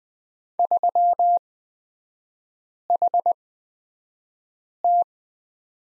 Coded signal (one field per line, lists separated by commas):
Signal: Morse code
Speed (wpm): 20 wpm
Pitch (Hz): 700 Hz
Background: none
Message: 3HT